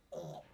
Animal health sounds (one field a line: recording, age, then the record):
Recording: pig call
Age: piglet (1 to 25 days)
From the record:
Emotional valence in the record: negative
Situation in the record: restrain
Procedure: back test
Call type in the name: low-frequency call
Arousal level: low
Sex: female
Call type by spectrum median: low-frequency call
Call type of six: low-frequency stable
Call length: 0.54 s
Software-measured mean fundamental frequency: 52 Hz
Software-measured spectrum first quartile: 302 Hz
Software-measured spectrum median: 533 Hz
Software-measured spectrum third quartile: 767 Hz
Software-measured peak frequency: 532 Hz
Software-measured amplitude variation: 176 dB a second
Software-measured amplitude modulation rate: 22.1 a second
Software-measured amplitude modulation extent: 8.0 dB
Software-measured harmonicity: 4.1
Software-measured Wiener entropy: -0.05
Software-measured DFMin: 1405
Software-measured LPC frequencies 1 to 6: 591, 3405, 3817, 5889, 7488, 9150 Hz